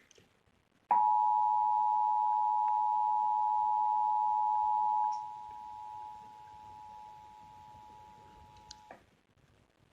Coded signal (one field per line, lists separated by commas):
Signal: Emergency Alert System (SAME) tones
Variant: 853 and 960 Hz attention tone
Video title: (SSTEAS reupload) 10 ½ Years on Youtube Top 10 EAS Required Monthly Tests